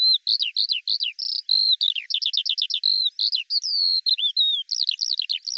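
Eurasian skylark song, a continuous high chatter of rapid trilled phrases and sliding whistles, with short buzzy repeated notes, no other sounds.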